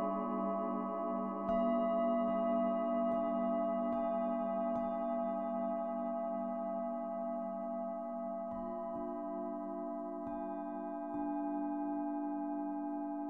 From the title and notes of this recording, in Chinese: 颂钵按摩的韵律。颂钵被轻轻擦过，散发出迷人的音波。